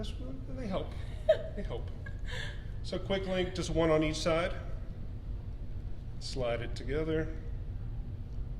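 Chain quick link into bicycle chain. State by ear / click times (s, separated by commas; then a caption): not seated / none. Two halves of a metal quick link, one on each side, are slid together by hand through the ends of a bicycle chain while someone talks and briefly chuckles. The link has not snapped into place yet; it only snaps home later, when pressure is put on the pedal.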